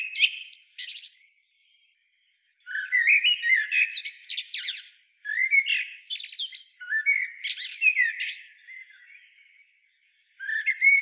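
Common blackbird producing bursts of high, scratchy chirps and thin squeaks, broken by short silences.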